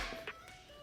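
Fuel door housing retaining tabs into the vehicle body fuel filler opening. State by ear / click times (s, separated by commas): seated / 0.3 s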